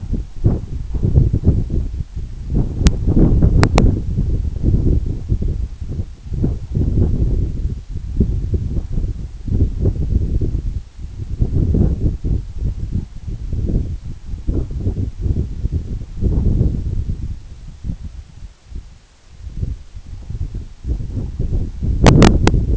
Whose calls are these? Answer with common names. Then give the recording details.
none. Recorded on Arctic tundra, site EABA-1, on 29 June 2018. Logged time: 20:00